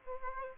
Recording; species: mosquito wingbeat signal from an infrared sensor; Aedes aegypti